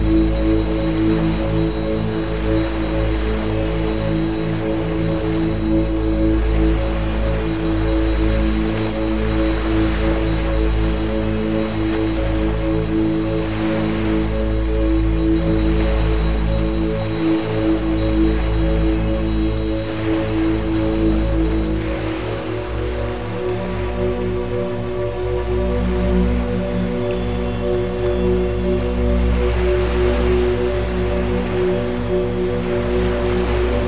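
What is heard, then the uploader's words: Steady low tones hum beneath a soft, washing ocean surf that swells and recedes every few seconds, with a faint bright hiss above. Low-frequency binaural music blended with calming ocean waves creates the perfect track to sleep or relax. Binaural Beats With Ocean Waves.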